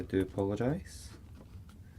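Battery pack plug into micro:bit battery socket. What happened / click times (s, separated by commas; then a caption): Handled, not yet home: the plug has not clicked into its socket / none. Someone talks while handling a battery pack's plastic plug against the micro:bit battery socket, with a brief soft rustle and faint small handling taps afterward. Nothing has seated or clicked yet.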